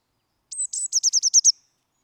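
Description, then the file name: Eurasian blue tit calling: two thin, very high drawn-out notes followed by a quick trill of about six bright notes, lasting around one second. "Cyanistes caeruleus"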